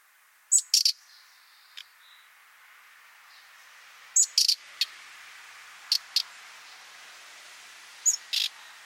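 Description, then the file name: Common nightingale calls: short raspy note groups and a few single ticks at uneven intervals, with a brief faint whistle early on. "Luscinia megarhynchos"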